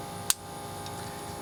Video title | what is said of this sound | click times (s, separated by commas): Trapping 101: Trap selection and anchor selection | that click right there now that pan if you look at it | 0.3 s